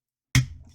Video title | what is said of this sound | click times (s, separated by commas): Gundam Universe Master Gundam: DudeRetro Reviews | and Pops right in | 0.4 s